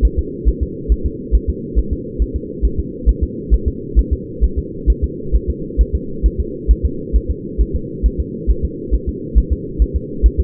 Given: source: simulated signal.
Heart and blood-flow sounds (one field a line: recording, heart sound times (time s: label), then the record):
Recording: fetal heart sounds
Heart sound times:
0.05 s: S1
0.19 s: S2
0.48 s: S1
0.63 s: S2
0.92 s: S1
1.06 s: S2
1.35 s: S1
1.50 s: S2
1.78 s: S1
1.93 s: S2
2.22 s: S1
2.36 s: S2
2.65 s: S1
2.80 s: S2
3.09 s: S1
3.23 s: S2
3.54 s: S1
3.68 s: S2
3.99 s: S1
4.13 s: S2
4.44 s: S1
4.58 s: S2
4.90 s: S1
5.04 s: S2
5.35 s: S1
5.50 s: S2
5.81 s: S1
5.95 s: S2
6.26 s: S1
6.40 s: S2
6.71 s: S1
6.85 s: S2
7.16 s: S1
7.31 s: S2
7.61 s: S1
7.75 s: S2
8.06 s: S1
8.20 s: S2
8.50 s: S1
8.65 s: S2
8.94 s: S1
9.09 s: S2
9.38 s: S1
9.53 s: S2
9.82 s: S1
9.96 s: S2
10.26 s: S1
10.40 s: S2
From the record:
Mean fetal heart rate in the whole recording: 135 bpm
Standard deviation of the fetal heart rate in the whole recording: 3 bpm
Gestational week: 34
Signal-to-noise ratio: -4.3 dB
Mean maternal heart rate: 72 bpm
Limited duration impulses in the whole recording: absent